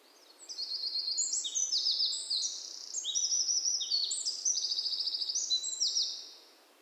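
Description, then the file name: Eurasian wren song: a vigorous six-second outpouring of high rattling trills and sharp notes. "Troglodytes troglodytes"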